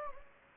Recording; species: mosquito wingbeat signal from an infrared sensor; Anopheles gambiae